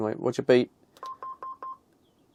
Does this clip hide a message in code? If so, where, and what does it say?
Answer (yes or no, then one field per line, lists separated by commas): no